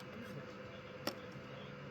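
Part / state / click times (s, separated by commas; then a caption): 3D printed snap-fit cover onto a buck-boost converter module / not seated / none. A freshly 3D printed plastic snap-fit cover is pressed onto a buck-boost converter module to get its tabs to lock into place. A brief sharp tap sounds at about 1.1 s over a steady low background hum. The cover is not lined up, so nothing has snapped in or clicked yet.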